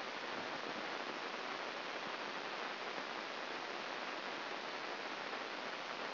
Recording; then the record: brain microelectrode recording played as sound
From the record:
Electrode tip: inside the subthalamic nucleus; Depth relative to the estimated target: -3 mm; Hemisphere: left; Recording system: AlphaMap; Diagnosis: Parkinson's disease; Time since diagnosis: 15 years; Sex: female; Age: 68 years